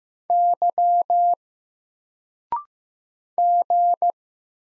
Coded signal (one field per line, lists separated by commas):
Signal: Morse code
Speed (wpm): 15 wpm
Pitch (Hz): 700 Hz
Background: none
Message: Y G